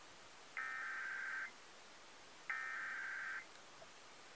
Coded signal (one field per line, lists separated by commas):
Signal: Emergency Alert System (SAME) tones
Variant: header bursts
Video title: EAS Capture #15